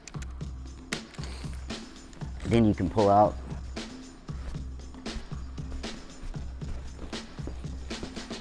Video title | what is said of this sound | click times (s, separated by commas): TenPoint Nitro 505 HONEST Review (The Most Powerful X-Bow to Date?) | make sure that clicks | 0.9 s